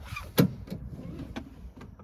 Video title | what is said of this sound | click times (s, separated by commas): 858 Pre trip | got a good click so we're good there | 0.4 s